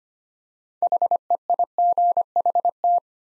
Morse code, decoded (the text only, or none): HEIGHT